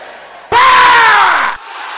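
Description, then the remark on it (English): A church audience at a prayer service bursts into a loud, sustained shout together for about a second, its pitch sliding slightly downward before cutting off abruptly into low background murmur. “Can I hear you shouting it? Your voice is not aggressive enough.”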